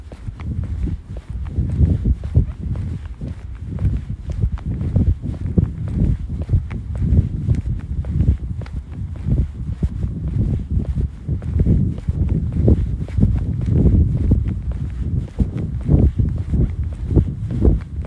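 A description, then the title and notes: Spring sounds outdoors: a dense, busy stream of low thuds and rustling knocks, like footsteps or hooves, continuing steadily for the whole stretch. Our team decided to take a walk outdoors to capture the sounds of spring around us.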